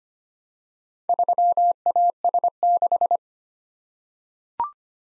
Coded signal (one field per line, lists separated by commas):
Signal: Morse code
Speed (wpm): 25 wpm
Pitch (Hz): 700 Hz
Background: none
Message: 3AS6